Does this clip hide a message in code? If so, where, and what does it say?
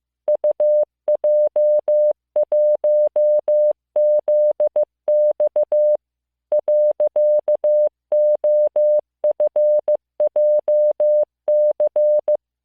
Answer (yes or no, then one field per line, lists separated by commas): yes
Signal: Morse code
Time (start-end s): 0.3-12.4 s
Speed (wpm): 15 wpm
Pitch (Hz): 600 Hz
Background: none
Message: UJ1ZX .OFJC